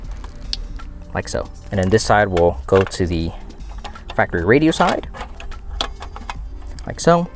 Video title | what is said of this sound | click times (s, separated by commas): Most PeopleUpgrade Their Toyota Wrong (Do This Instead) | pushed and clicked all the way in, like | 0.5 s